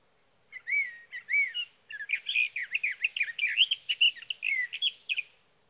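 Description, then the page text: Sage thrasher delivering a rambling warbled song: a few separate rising-falling whistles, then a dense run of rapid varied notes. Male, Sierra Valley, California, June 12–15, 2018; from a series of his night songs, recorded by a Swift recorder near his night roost, and his day songs. "Sage thrasher songs, through the night. in Sierra Valley, California"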